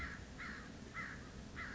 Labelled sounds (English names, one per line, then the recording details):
American Crow
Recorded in Sonoma County, California